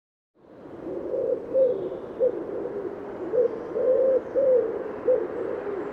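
Bird uttering a run of muffled low coos, some drawn out and others clipped, in an uneven repeated pattern against a hissy background.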